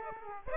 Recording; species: mosquito wingbeat signal from an infrared sensor; Aedes aegypti